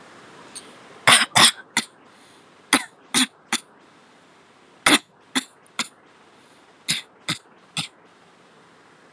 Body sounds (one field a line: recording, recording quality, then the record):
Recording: shallow voluntary cough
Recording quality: excellent, no background noise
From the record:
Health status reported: healthy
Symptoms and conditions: none ticked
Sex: female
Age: 28 years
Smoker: not ticked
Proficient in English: yes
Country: India